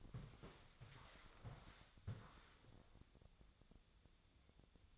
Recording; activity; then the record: daily activity, microphone in the room; walk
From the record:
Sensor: 3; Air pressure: 1000.5 hPa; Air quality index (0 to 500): 168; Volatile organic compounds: 3 ppm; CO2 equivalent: 1473 ppm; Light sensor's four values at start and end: 15/38/15/16 and 14/37/15/16